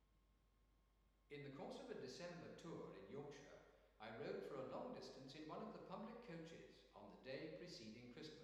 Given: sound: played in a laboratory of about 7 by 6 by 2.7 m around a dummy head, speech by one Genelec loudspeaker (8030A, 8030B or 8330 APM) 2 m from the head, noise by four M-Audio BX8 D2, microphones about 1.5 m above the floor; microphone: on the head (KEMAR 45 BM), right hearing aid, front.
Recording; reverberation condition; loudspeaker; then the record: male speech in English; high; 90 degrees to the right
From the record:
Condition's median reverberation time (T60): about 1300 ms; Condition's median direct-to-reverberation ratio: about -4.0 dB